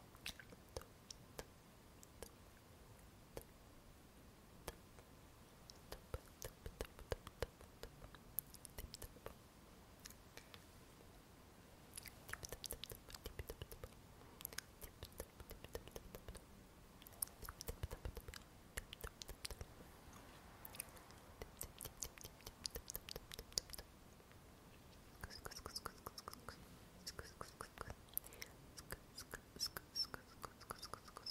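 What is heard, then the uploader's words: Mouth sounds: crisp clicks, pops and wet tongue taps come in quick irregular runs, growing denser and louder from about 12 to 24 seconds. Near the end a soft bristly brushing joins in under scattered clicks, with faint whisper-like breath throughout. ASMR Mouth Sounds (sk, tico, stipple...) and Brushing your Face.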